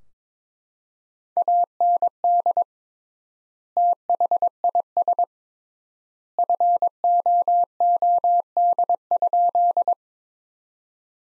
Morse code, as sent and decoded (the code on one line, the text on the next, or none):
.- -. -.. / - .... .. ... / ..-. --- --- -.. ..--..
AND THIS FOOD?